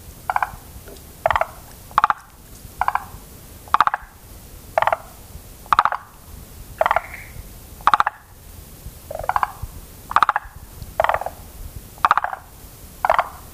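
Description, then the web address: Forest green tree frog calling, short pulsed croaking notes repeated roughly every second over low background noise. "sikioto. moriaogaeru"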